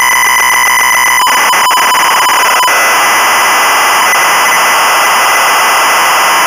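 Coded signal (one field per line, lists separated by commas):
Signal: ZX Spectrum tape loading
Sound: harsh, buzzy screeching data noise with brief dropouts and a faint whine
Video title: Lord of the Rings Game One [SIDE A] (1985) - Sinclair ZX Spectrum (Full Tape Rip / Cassette Load)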